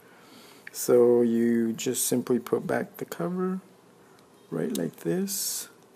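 Someone talks while putting the plastic back cover of a Samsung phone back onto the phone housing clips. Only soft handling sounds are heard under the speech, and the cover has not snapped in or clicked into place yet.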